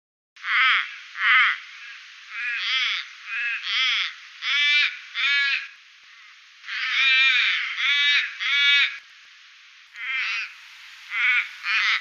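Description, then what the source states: Little raven giving harsh caws in uneven groups, with pauses between the groups. Recorded in Canberra; listed among garden birds.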